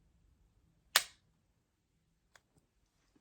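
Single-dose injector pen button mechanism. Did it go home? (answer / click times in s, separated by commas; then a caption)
yes / 1.0 s, 2.4 s. The purple button of a single-dose autoinjector pen is pressed against the skin. A loud sharp click at 1.0 s marks the start of the injection, and a second, quieter click at 2.4 s marks its completion; faint low rustling follows. The injection is complete.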